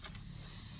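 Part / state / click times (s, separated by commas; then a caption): plastic makeup accessory part into its case or holder / not seated / none. A plastic makeup accessory part is being handled and fitted into its case or holder, with two brief handling sounds near 0.1 s and 0.2 s over a steady low hum. Nothing has seated or clicked into place yet.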